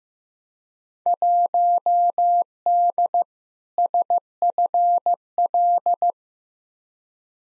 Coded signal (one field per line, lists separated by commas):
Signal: Morse code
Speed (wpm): 15 wpm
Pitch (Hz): 700 Hz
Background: none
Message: 1D SFL